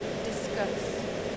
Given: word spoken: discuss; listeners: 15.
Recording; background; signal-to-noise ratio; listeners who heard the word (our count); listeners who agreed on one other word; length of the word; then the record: one English word in noise, from a listening test; speech-shaped noise; -6.6 dB; 7 of 15; 7 of 15; 0.97 s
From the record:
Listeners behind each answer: 7, 7, 1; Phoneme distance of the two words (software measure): 17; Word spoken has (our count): 2 syllables, 6 phonemes, stress on syllable 2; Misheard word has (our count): 2 syllables, 7 phonemes, stress on syllable 2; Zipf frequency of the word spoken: 4.57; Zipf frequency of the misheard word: 3.26